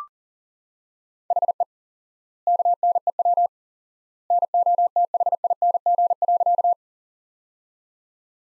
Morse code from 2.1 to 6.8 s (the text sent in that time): KNEW NOTHING.